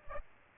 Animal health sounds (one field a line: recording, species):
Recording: mosquito wingbeat signal from an infrared sensor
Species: Aedes aegypti